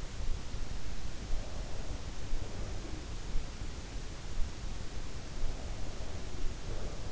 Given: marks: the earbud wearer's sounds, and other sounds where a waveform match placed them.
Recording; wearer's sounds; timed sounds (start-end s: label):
sounds in sleep by an in-ear microphone; breath
1.32-3.42 s: breath
5.34-7.12 s: breath